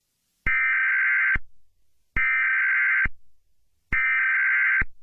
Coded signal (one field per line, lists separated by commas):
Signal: Emergency Alert System (SAME) tones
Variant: header bursts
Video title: [Early] (New Year's Special #2) Angry EAS Eric, An EAS Scenario